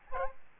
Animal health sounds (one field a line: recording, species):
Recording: mosquito wingbeat signal from an infrared sensor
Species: Aedes albopictus